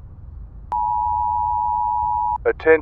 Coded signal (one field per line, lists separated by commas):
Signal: Emergency Alert System (SAME) tones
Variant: 853 and 960 Hz attention tone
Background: speech